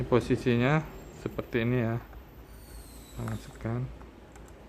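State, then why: Not seated. A battery is being handled at the battery compartment of a Canon EOS 200D (Rebel SL2) camera while someone talks, with faint small handling sounds between phrases. Nothing has seated or clicked yet.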